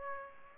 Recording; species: mosquito wingbeat signal from an infrared sensor; Aedes aegypti